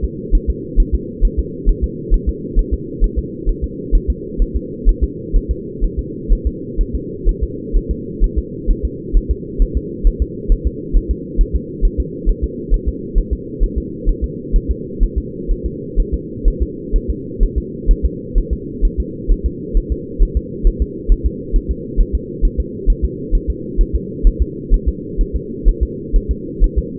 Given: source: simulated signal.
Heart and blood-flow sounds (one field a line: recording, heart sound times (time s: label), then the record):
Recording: fetal heart sounds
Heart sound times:
0.04 s: S2
0.35 s: S1
0.50 s: S2
0.80 s: S1
0.95 s: S2
1.25 s: S1
1.39 s: S2
1.69 s: S1
1.84 s: S2
2.14 s: S1
2.29 s: S2
2.59 s: S1
2.73 s: S2
3.04 s: S1
3.19 s: S2
3.49 s: S1
3.64 s: S2
3.95 s: S1
4.10 s: S2
4.42 s: S1
4.56 s: S2
4.89 s: S1
5.03 s: S2
5.37 s: S1
5.51 s: S2
5.84 s: S1
5.99 s: S2
6.32 s: S1
6.47 s: S2
6.81 s: S1
6.95 s: S2
7.29 s: S1
7.43 s: S2
7.76 s: S1
7.91 s: S2
8.24 s: S1
8.38 s: S2
8.70 s: S1
8.85 s: S2
9.17 s: S1
9.31 s: S2
9.62 s: S1
9.77 s: S2
10.07 s: S1
10.22 s: S2
10.52 s: S1
10.67 s: S2
10.97 s: S1
11.11 s: S2
11.41 s: S1
11.56 s: S2
11.85 s: S1
12.00 s: S2
12.29 s: S1
12.44 s: S2
12.74 s: S1
12.88 s: S2
13.18 s: S1
13.33 s: S2
13.63 s: S1
13.78 s: S2
14.09 s: S1
14.24 s: S2
14.56 s: S1
14.71 s: S2
15.03 s: S1
15.18 s: S2
15.51 s: S1
15.66 s: S2
16.00 s: S1
16.14 s: S2
16.48 s: S1
16.62 s: S2
16.96 s: S1
17.10 s: S2
17.43 s: S1
17.58 s: S2
17.91 s: S1
18.06 s: S2
18.38 s: S1
18.53 s: S2
18.85 s: S1
19.00 s: S2
19.31 s: S1
19.46 s: S2
19.77 s: S1
19.92 s: S2
20.22 s: S1
20.37 s: S2
20.67 s: S1
20.82 s: S2
21.12 s: S1
21.26 s: S2
21.56 s: S1
21.71 s: S2
22.00 s: S1
22.15 s: S2
22.45 s: S1
22.60 s: S2
22.90 s: S1
23.04 s: S2
23.35 s: S1
23.50 s: S2
23.81 s: S1
23.95 s: S2
24.27 s: S1
24.42 s: S2
24.74 s: S1
24.88 s: S2
25.21 s: S1
25.36 s: S2
25.69 s: S1
25.83 s: S2
26.16 s: S1
26.31 s: S2
26.64 s: S1
26.78 s: S2
From the record:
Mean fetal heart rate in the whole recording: 130 bpm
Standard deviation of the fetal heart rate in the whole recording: 2 bpm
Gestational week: 38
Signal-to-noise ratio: -4.1 dB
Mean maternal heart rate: no maternal heart sound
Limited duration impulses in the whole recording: absent